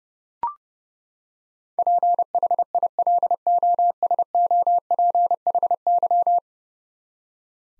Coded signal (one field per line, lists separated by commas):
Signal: Morse code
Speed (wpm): 30 wpm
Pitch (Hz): 700 Hz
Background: none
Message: PHILOSOPHY